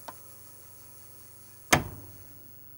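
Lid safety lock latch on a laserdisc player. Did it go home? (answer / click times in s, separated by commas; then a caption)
released / 1.7 s. After the open button is pressed on a laserdisc player, the lid's safety lock latch waits for the spinning disc to slow down, over a steady low hum and a faint tick at 0.1 s. It releases with a sharp click at 1.7 s that rings out briefly, leaving the lid unlatched.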